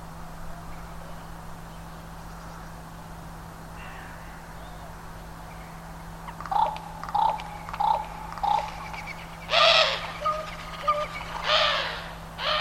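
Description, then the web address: Bird calls: a quiet run of short, evenly pitched hooting notes, then several louder harsh, rasping calls near the end over a steady low hum. "cianscape birddata Deverinetal 2025 Bird Only"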